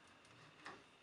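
A microscope objective's focus adjuster, a metal bushing assembly on the piezo actuator of the microscope head, slides back into position over a quiet, steady background. It clicks into place with a short, sharp click at 0.7 s, and the adjuster is seated.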